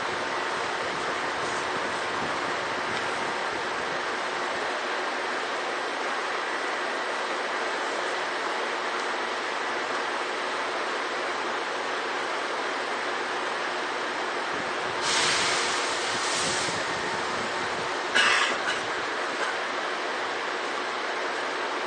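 A Seibu 2000-series train runs along its line with a steady, dense rushing roar and a faint low hum underneath. Around 15 to 17 seconds, brighter hissing bursts swell through the noise, followed by a short sharp clatter near 18 seconds.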